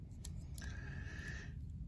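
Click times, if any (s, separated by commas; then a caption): 0.2 s, 0.6 s. A steel implement on a Leatherman multitool is pushed over and locks in place in the handle. Sharp clicks land at 0.3 s and 0.6 s, and the second is followed by a faint high ringing tone that fades by about 1.5 s. The implement is seated and locked open.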